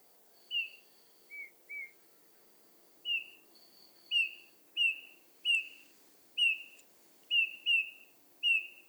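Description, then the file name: Eurasian bullfinch calls: mellow, short descending whistles repeated at irregular intervals, some in close pairs, over a faint intermittent high whistle and low background hiss. "Pyrrhula pyrrhula"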